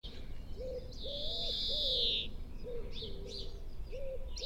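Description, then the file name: European greenfinch giving one long drawn-out nasal wheeze, flat and buzzy, with scattered short high notes and a repeated low hooting coo underneath. "Chloris chloris"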